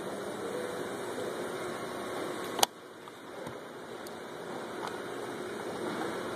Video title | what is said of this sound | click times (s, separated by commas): Window Switch Removal BMW X5 E53 | slide it into lock | 2.6 s